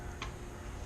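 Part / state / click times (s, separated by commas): fish finder unit into its quick-release mount / not seated / none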